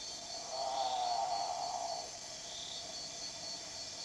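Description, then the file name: Great potoo giving one harsh, guttural growl that swells and fades over about one and a half seconds, with a steady high insect chorus throughout. Recorded 26 March 2007 at 21:00. "Great Potoo 2007-03-26 2100"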